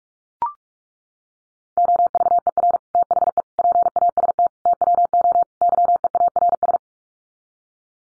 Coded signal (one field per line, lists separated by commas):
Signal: Morse code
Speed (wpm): 44 wpm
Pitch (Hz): 700 Hz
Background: none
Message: OVER THE PAST TWO YEARS